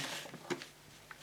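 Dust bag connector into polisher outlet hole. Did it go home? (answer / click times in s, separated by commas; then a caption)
no / none. The push-fit connector of a Hoover F3871 suction polisher's dust bag is pushed through the rectangular outlet hole on the polisher. Brief plastic knocks and scrapes are heard around 0.5 s, 0.6 s and 1.1 s over a low background. The connector has not clicked into place.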